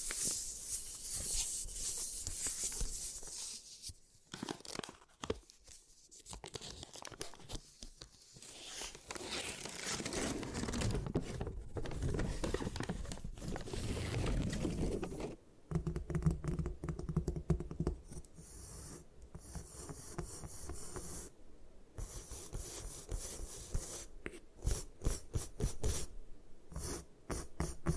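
Gym chalk being crushed and broken apart, a dense, scratchy crumbling with tearing and crinkling textures. The first fifteen seconds are a thicker, fuller grinding. After that comes a choppier stretch of short scrapes and crunches broken by frequent brief silences.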